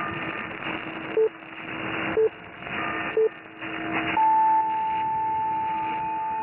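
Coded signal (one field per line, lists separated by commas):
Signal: radio time signal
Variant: time pips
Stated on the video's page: Time signal on 1071 kHz AM relay station, bell chime marking 6 AM, interference from another station, received on an Airspy HF+ Discovery.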